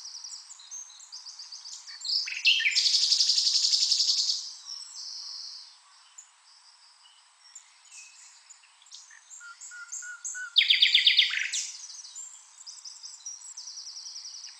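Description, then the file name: Common nightingale song: a long, loud buzzy rattle, softer varied notes, then a sharp run of rapidly repeated notes and a final chattering series. "Luscinia megarhynchos"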